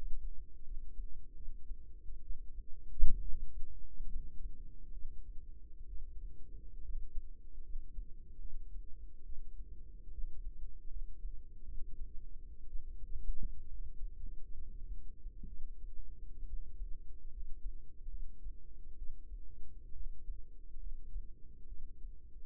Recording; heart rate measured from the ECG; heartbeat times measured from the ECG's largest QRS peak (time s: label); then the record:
heart sounds by microphone in the right ear; 68 bpm
0.65 s: heartbeat
1.36 s: heartbeat
2.23 s: heartbeat
3.23 s: heartbeat
4.10 s: heartbeat
4.93 s: heartbeat
5.89 s: heartbeat
6.83 s: heartbeat
7.63 s: heartbeat
8.41 s: heartbeat
9.25 s: heartbeat
10.12 s: heartbeat
10.89 s: heartbeat
11.65 s: heartbeat
12.68 s: heartbeat
13.68 s: heartbeat
14.54 s: heartbeat
15.48 s: heartbeat
16.46 s: heartbeat
17.30 s: heartbeat
18.10 s: heartbeat
18.98 s: heartbeat
19.94 s: heartbeat
20.79 s: heartbeat
21.68 s: heartbeat
From the record:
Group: healthy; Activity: rest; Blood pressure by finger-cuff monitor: 108/65 mmHg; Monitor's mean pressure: 77 mmHg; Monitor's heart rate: 70 bpm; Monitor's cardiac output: 5.5 L/min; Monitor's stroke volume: 80 mL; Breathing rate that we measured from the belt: 18 breaths a minute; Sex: female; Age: 36 years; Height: 163 cm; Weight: 88 kg